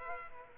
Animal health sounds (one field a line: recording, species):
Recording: mosquito wingbeat signal from an infrared sensor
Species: Culex quinquefasciatus